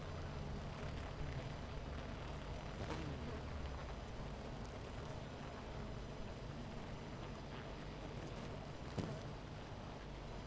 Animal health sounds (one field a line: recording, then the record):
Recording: honeybee colony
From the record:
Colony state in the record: missing queen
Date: 14 July 2017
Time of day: 10:01